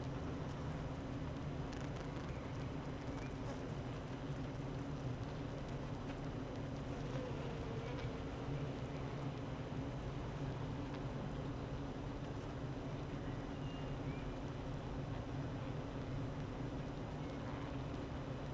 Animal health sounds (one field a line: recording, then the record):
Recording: honeybee colony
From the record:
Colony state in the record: active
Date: 12 June 2018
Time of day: 8:35